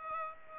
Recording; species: mosquito wingbeat signal from an infrared sensor; Aedes aegypti